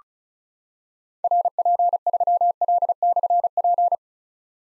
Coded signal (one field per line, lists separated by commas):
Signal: Morse code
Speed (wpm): 36 wpm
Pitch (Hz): 700 Hz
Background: none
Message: RP3L/P